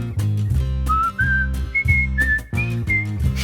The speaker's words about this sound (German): Sie pfeifen ein unbeschwertes Lied und sie pfeifen ihre Sorgen in den Wind. Das lässt sie vergessen und bessert ihr Gemüt. Darum pfeifen sie so lange, bis sie wieder fröhlich sind.